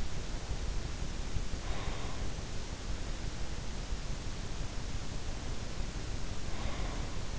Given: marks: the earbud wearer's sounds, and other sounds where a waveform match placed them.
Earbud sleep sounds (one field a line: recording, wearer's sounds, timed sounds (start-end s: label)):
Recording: sounds in sleep by an in-ear microphone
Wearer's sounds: breath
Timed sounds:
1.48-2.36 s: breath
6.20-7.39 s: breath